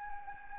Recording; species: mosquito wingbeat signal from an infrared sensor; Anopheles gambiae